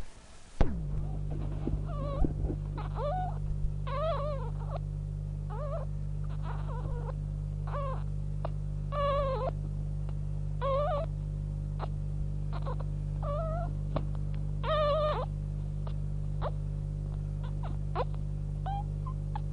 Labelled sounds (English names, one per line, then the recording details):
Red Fox
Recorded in captivity
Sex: male
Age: juvenile
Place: Zoologisches Institut der HUB, Berlin, DE
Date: 1956-04-07 14:45
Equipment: 19 cm Halbspur, mono
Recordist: Tembrock, Günter